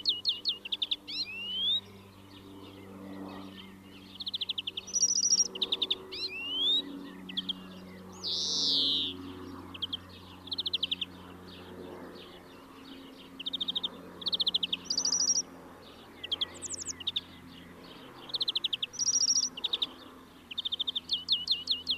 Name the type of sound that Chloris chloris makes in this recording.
song